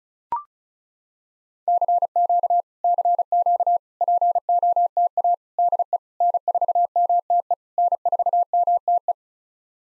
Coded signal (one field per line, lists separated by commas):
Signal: Morse code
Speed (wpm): 34 wpm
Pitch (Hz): 700 Hz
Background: none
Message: CQ CQ POTA DE N4MTE N4MTE